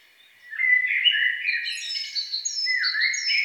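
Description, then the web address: Songbird song starting after a brief quiet moment, then a dense mix of warbled, whistled phrases and repeated high slurred notes. "best service Blue Box birds songbird"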